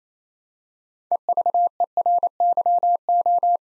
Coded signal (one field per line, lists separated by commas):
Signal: Morse code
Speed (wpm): 27 wpm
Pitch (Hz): 700 Hz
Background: none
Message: EVERYO